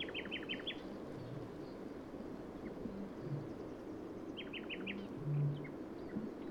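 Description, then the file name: Eurasian wren in two short bursts of about five quick, sharp descending notes, one at the start and one after four seconds, over a steady low rumble of background noise. "Troglodytes troglodytes"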